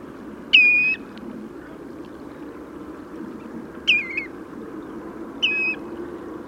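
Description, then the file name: Common greenshank giving three separate bursts of ringing, clear whistled notes, spaced by pauses, over a low steady rushing background. "Chevalier Aboyeur"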